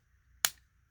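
On a Transformers Studio Series 86 Ultra Magnus action figure, a small plastic slot on the second side is pushed onto a tab on the figure's body. A single sharp, bright click sounds at 0.5 s over a faint low hum and a steady soft tone, then quickly fades. The slot is seated in the right place.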